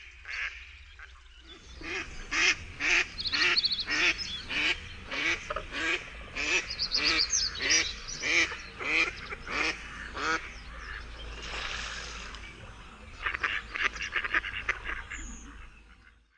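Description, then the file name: Mallard quacking: a long series of loud, harsh quacks in quick succession, followed near the end by a rapid run of calls. "krzyzowka"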